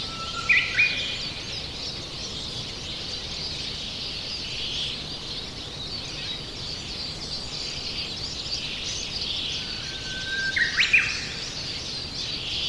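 Japanese bush warbler singing twice, each phrase a long steady whistle ending in an abrupt explosive flourish, over constant high background noise.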